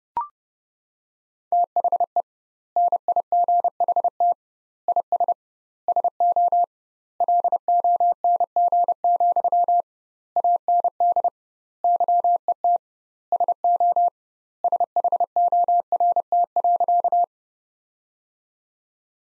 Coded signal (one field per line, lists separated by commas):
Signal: Morse code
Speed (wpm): 30 wpm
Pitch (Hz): 700 Hz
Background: none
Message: THE NIGHT IS SO LONG, AND YET SO SHORT.